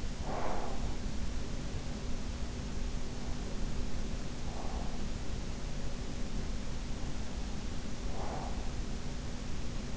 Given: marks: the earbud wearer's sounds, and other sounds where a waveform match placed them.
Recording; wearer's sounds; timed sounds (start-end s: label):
sounds in sleep by an in-ear microphone; breath
0.00-1.50 s: breath
8.02-9.02 s: breath